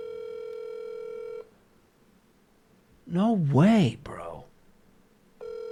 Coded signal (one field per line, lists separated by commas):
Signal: telephone call progress tone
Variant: North America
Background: speech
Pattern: ringback tone